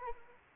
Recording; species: mosquito wingbeat signal from an infrared sensor; Anopheles arabiensis